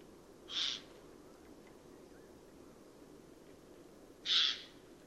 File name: Garrulus glandarius